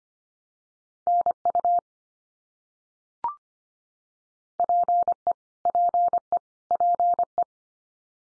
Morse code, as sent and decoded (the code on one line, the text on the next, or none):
-. ..- / .--. . / .--. . / .--. .
NU PE PE PE